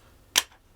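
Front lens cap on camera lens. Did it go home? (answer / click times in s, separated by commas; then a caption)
released / 0.4 s. A plastic front lens cap is taken off a camera lens. A single sharp snap is heard at 0.4 s as the cap's spring clips let go, and the cap is released from the lens.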